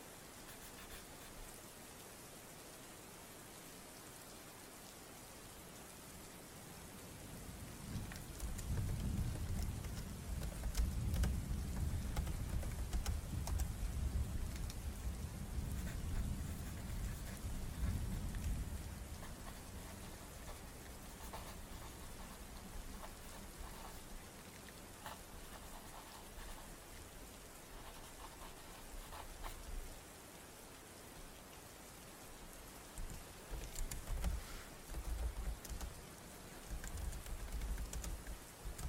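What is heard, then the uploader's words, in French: Rain falls steadily throughout, a dense hiss of drops with scattered sharper taps. From about 8 to 20 seconds a deep rumbling swell rises underneath, likely thunder, then fades, with shorter low surges returning around 33 to 38 seconds. Sons ASMR et de pluie.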